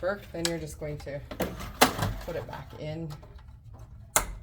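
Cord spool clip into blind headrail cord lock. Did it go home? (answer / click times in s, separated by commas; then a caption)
yes / 4.2 s. A metal-clipped cord spool is pushed back into the cord lock inside a wood blind's headrail while someone talks. A sharp click at 4.2 seconds locks it down, and the spool is seated in place.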